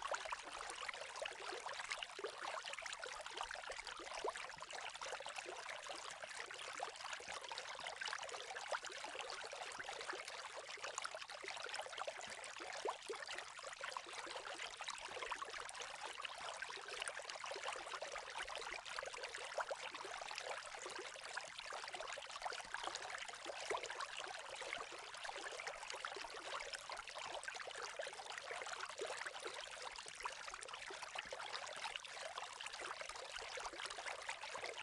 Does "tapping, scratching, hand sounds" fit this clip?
no